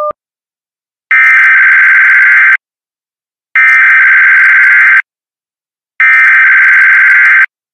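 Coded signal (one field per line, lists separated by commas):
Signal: Emergency Alert System (SAME) tones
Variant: header bursts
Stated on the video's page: NOAA Weather Radio weekly test alerts.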